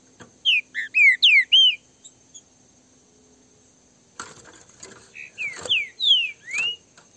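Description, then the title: Green-winged saltator song: a burst of loud whistled slurs, some rising and some falling, then a pause and a second similar phrase, over a steady high thin tone. Pair of free wild birds in a song dispute. "Canto De Trinca Ferro. LINDA DISPUTA com casal de trinca ferro solto"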